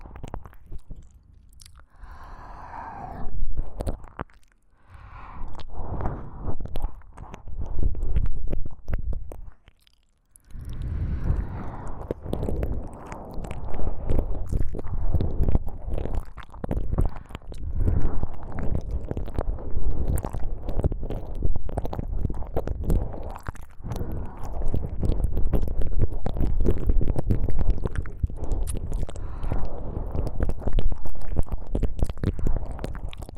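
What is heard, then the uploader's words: Wet licking and smacking sounds fill the ear, dense and irregular, with brief pauses near four and ten seconds before continuing steadily. ASMR×KU100. NO Talking. Deep Ear Licking.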